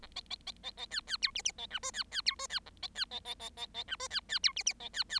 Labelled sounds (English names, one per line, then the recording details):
Bengalese Finch song
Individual Bird7